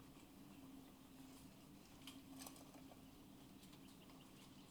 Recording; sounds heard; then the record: poultry house recording; sick chickens (respiratory disease)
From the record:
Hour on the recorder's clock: 15